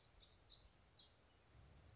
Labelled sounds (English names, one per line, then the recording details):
Black-throated Gray Warbler
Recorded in Sonoma County, California